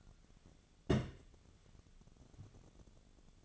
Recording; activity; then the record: daily activity, microphone in the room; place on stove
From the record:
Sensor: 4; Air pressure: 1000.8 hPa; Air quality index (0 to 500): 125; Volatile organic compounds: 1 ppm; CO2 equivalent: 942 ppm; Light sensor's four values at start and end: 43/106/44/49 and 41/101/42/47